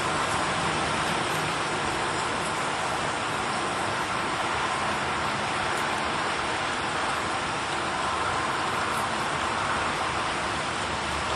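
Rain falls in a small village in Mayenne, a steady, dense hiss that stays level for the whole stretch. The wash is bright and full, with a faint low rumble underneath like passing road noise, and no distinct drops or events stand out.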